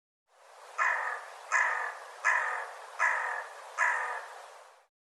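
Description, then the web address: Bird giving five harsh, raspy caws in an even series, each about three-quarters of a second apart. "cianscape birddata Deverinetal 2025 File cleaned normalized Bird"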